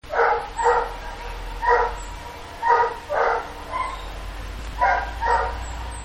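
Dog barking: about eight short, sharp barks, some in pairs, over a faint steady hum.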